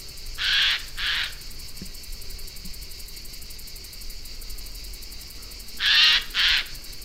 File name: Garrulus glandarius